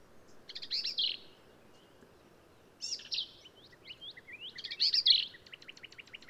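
Black-capped vireo song: a few jumbled phrases of harsh, high notes separated by pauses, the last ending in a rapid ticking series.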